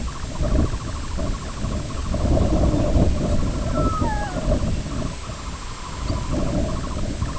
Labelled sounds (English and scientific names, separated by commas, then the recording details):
Sanderling (Calidris alba), unidentified sound, Red Phalarope (Phalaropus fulicarius)
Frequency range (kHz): Red Phalarope (Phalaropus fulicarius) 3.7-5.1 kHz
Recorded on Arctic tundra, site IGLO-B, on 21 June 2018
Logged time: 09:59